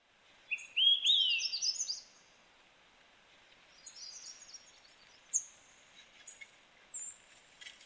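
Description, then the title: Bird song opening with a quick burst of whistled, rising notes, followed by sparse high tweets and short chips over a quiet background. "LuckyPassaro Completos2Sama"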